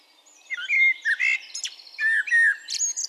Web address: SETE data Turdus merula